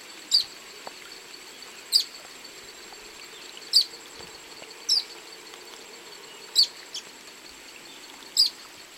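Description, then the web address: Social flycatcher calls: single thin, high, sharp notes given about every one to two seconds against a soft background hiss. Recorded in the eastern lowlands of South America. "Natures Songs S America Eastern Lowlands. Social Flycatcher"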